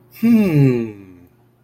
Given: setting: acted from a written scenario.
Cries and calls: vocal sound without words; interest

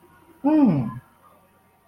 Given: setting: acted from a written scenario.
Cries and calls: vocal sound without words; contempt

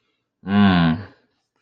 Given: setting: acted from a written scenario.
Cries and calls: vocal sound without words; contempt

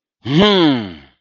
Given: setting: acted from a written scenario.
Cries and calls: vocal sound without words; anger

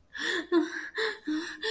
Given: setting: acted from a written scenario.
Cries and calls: vocal sound without words; fear

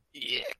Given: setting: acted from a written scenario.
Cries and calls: vocal sound without words; disgust

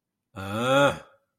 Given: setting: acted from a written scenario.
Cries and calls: vocal sound without words; anger

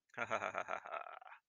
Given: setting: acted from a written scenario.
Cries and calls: vocal sound without words; pride

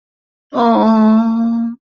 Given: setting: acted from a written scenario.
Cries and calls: vocal sound without words; sympathy

